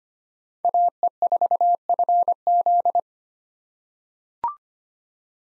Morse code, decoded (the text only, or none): AE4FZ